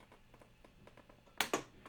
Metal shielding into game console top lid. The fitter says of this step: I just need to put the shielding back in the lid which should just snaps into place and